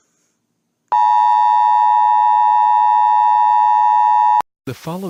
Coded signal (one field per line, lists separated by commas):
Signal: Emergency Alert System (SAME) tones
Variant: 853 and 960 Hz attention tone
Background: speech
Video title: EAS Kingston Shootings EAS scenario #11